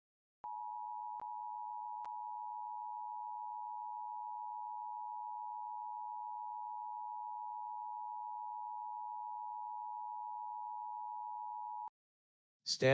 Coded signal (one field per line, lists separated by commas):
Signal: Emergency Alert System (SAME) tones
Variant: 853 and 960 Hz attention tone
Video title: LIVE AM/MW DX: DX Central Live - S. 4, Ep. 1 | Friday, January 5, 2024